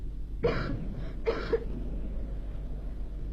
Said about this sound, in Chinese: …的咳嗽声声都震动着我那颤抖的心，这咳嗽声比雷声还要响。